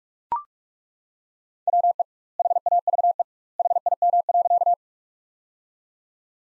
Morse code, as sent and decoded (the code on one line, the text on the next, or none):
.-- . / .... .- ...- . / .... .. -- .-.-.-
WE HAVE HIM.